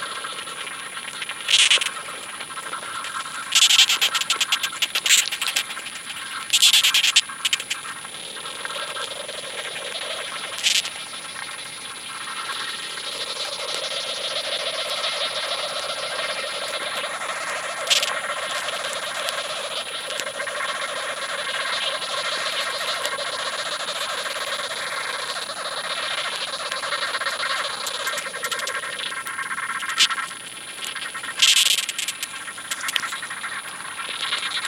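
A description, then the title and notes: A summer field recording at Badbury Rings, Dorset: a steady outdoor bed of bird calls and chatter runs throughout, with a lower warbling layer swelling between about 9 and 29 seconds. Sharp, bright bursts break through at roughly 2, 4, 7, 11 and 31 seconds. A sound mosaic composed of field recordings made at Badbury Rings, Dorset, UK, during the summer of 2023.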